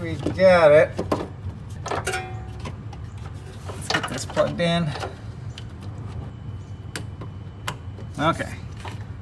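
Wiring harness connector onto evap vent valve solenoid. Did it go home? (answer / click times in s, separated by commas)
yes / 7.7 s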